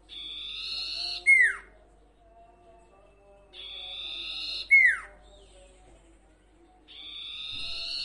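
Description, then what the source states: Sirtu song: a faint, rough-textured steady note held about a second, then a sharp downward slur, repeated every three to four seconds. Masteran tutor recording for training cage birds, presenting the full range of song variations.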